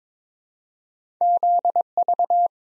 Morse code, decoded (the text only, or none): ZV